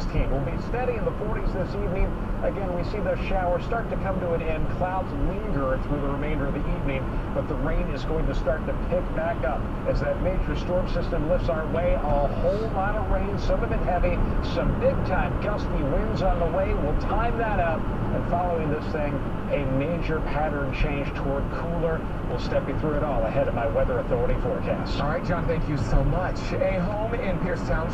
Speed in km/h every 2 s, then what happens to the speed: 63, 63, 64, 68, 66, 68, 71, 74, 74, 76, 72, 74, 74, 74.
0-8 steady at about 64. 8-14 speeds up to 74. 14-28 steady at about 74.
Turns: none.